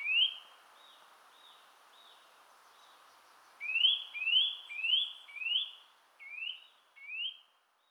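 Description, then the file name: Eurasian nuthatch giving clear rising whistled notes: a few early, then a louder run of six quickly repeated upslurred whistles. "Sitta europaea"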